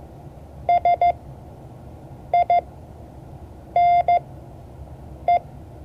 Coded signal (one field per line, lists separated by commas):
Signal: Morse code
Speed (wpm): 15 wpm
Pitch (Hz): 700 Hz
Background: none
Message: SINE